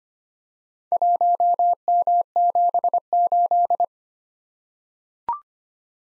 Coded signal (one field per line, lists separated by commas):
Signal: Morse code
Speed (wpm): 25 wpm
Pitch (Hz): 700 Hz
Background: none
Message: 1M78